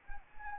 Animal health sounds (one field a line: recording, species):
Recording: mosquito wingbeat signal from an infrared sensor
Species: Anopheles arabiensis